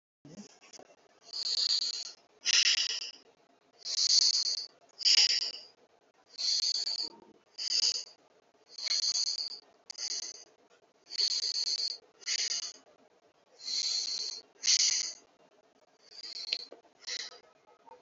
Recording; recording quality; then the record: deep breathing; moderate, slight background noise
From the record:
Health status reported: healthy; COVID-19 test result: not tested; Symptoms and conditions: none ticked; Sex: male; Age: 39 years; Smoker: not ticked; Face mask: worn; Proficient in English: yes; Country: India